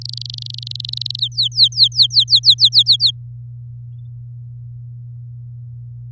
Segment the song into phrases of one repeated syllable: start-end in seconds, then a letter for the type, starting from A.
0.01-1.20 A, 1.21-3.11 B